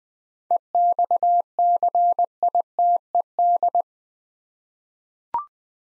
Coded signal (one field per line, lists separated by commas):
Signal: Morse code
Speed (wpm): 20 wpm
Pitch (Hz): 700 Hz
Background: none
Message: EXCITED